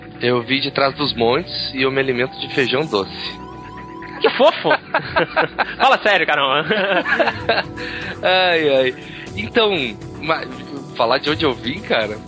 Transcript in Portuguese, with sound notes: Eu vim de trás dos montes e eu me alimento de feijão doce.
Que fofo! Fala sério, caramba. [Risos]
Ai, ai. Então, falar de onde eu vim, cara?